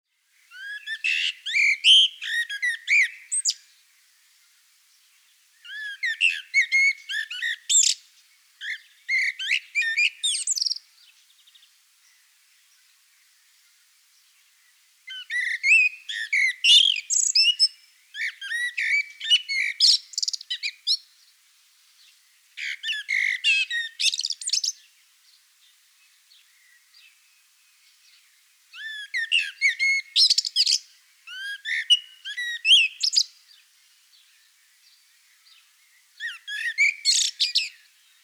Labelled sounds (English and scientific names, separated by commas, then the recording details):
Common Blackbird (Turdus merula)
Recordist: Tembrock, Günter